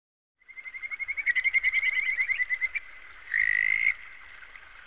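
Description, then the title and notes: Frog calls: after a short silence, a quick pulsed trill of notes swells in loudness, stops, then a brief harsher rising call follows amid a soft chorus. "NHK Sound Effects Collection - 3-Frogs. NHK効果音集 - 3-カエル"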